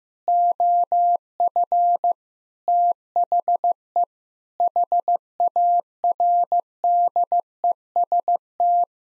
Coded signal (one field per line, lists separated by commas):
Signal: Morse code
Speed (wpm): 15 wpm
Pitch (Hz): 700 Hz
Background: none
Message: OF THE HARDEST